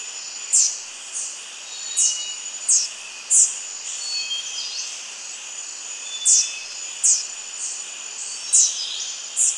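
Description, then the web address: Silver-throated tanager calls: sharp, very high, thin notes given singly or in quick pairs at irregular intervals over a steady high insect drone. Recorded in Ecuador. "Birds of Ecuador. Silver-throated Tanager"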